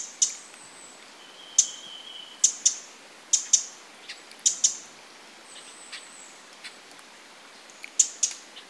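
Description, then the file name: Eurasian wren call notes: single or paired hard ticks spaced irregularly. "Troglodytes troglodytes"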